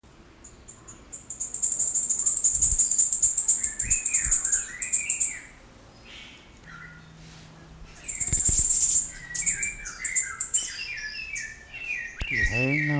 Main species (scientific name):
Euplectes ardens